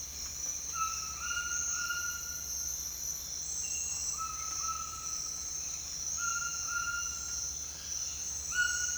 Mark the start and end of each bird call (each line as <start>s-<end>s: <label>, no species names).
0.69s-2.87s: bird call
3.63s-7.31s: bird call